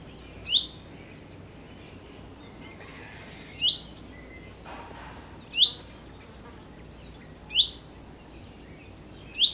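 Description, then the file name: Common chaffinch giving a clipped, metallic 'pink' call five times, spaced about two to three seconds apart, with faint hiss behind. "Fringilla coelebs"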